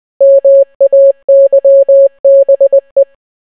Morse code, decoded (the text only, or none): MAYBE